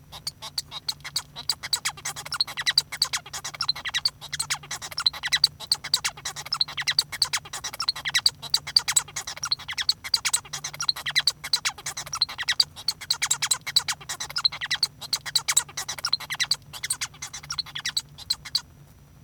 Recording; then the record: song of a male Bengalese finch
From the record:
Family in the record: son of father 1